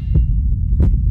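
Deep, muffled low thumps about 0.7 seconds apart: a simulated heartbeat pounding in the ears.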